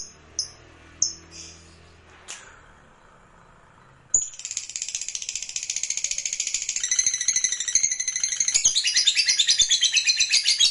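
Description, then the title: Lovebird song: several separate high chirps, then a stream of fast, shrill, chattering notes that grows louder toward the end. Lovebird song played to stimulate lovebirds. "Suara Lovebird"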